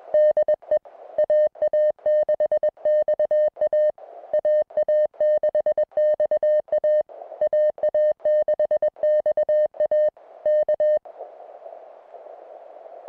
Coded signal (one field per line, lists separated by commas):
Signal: Morse code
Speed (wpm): 21 wpm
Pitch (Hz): 610 Hz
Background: music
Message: DE AA6XA AA6XA AA6XA K